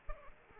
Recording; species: mosquito wingbeat signal from an infrared sensor; Aedes aegypti